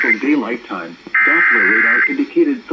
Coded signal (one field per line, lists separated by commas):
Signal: Emergency Alert System (SAME) tones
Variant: header bursts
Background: speech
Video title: Flash Flood Warning on WXK67 & KZAR-FM | EAS #2744-2745